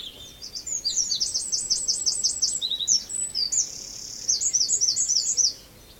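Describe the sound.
Wren delivering an energetic high-pitched song, rapid staccato note series, a held ringing trill, then a final rush of sharp notes before falling quiet.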